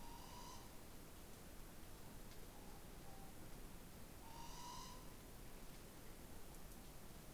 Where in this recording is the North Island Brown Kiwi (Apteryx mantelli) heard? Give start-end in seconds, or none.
none